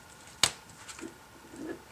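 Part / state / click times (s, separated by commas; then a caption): display retaining clip releasing from tablet housing / released / 0.4 s. A plastic credit card is slid down the side seam between the glass display and the aluminium case of an iPad mini tablet to pry the display's retaining clips loose. A sharp, short click at 0.4 s marks a retaining clip releasing from the housing, followed by quieter faint sounds, and someone talks briefly. The clip pops open and the screen is released.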